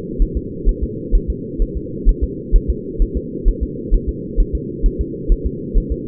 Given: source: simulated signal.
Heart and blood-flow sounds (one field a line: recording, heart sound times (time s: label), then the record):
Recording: fetal heart sounds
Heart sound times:
0.22 s: S1
0.37 s: S2
0.69 s: S1
0.83 s: S2
1.15 s: S1
1.30 s: S2
1.62 s: S1
1.77 s: S2
2.09 s: S1
2.24 s: S2
2.56 s: S1
2.70 s: S2
3.02 s: S1
3.17 s: S2
3.48 s: S1
3.63 s: S2
3.94 s: S1
4.09 s: S2
4.40 s: S1
4.55 s: S2
4.86 s: S1
5.01 s: S2
5.32 s: S1
5.46 s: S2
5.77 s: S1
5.92 s: S2
From the record:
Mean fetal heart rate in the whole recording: 130 bpm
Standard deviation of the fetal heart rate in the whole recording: 2 bpm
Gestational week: 38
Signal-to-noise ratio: -4.1 dB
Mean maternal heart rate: no maternal heart sound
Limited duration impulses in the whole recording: absent